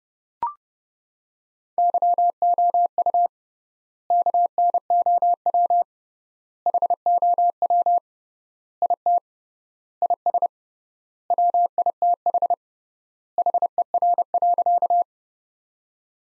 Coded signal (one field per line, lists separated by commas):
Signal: Morse code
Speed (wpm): 30 wpm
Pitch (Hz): 700 Hz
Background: none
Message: YOU KNOW HOW IT IS WITH HER.